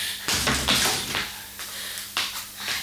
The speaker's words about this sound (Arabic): أريد أن أغلق هذا الباب.